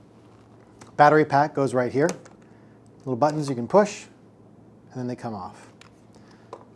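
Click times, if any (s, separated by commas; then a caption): none. A plastic battery pack is handled at its slot on a studio strobe while someone talks, with a few faint taps and clicks in the pauses between words. The pack has not yet seated or snapped into place.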